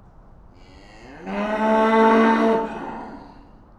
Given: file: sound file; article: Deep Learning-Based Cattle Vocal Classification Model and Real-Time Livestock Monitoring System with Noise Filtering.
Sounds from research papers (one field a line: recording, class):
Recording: cattle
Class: estrus call